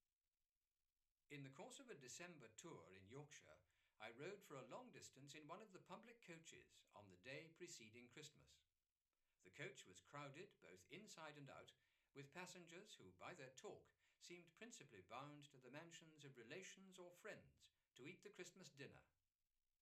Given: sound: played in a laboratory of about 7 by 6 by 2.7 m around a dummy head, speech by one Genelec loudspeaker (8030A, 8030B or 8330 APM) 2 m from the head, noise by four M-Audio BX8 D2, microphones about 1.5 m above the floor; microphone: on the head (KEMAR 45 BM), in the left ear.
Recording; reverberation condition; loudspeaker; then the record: male speech in English; low; 90 degrees to the left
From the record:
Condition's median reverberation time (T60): about 310 ms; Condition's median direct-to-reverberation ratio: about 3.5 dB